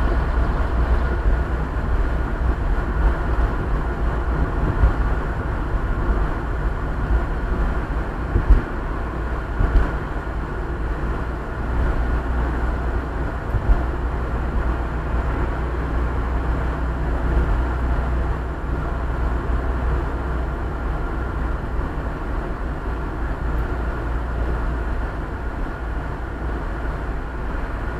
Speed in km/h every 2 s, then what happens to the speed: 62, 60, 59, 58, 57, 57, 57, 59, 59, 59, 59, 58, 57, 57.
0-28 steady at about 58.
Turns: none.